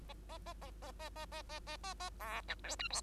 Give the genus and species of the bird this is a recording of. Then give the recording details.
Lonchura striata domestica. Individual Bird2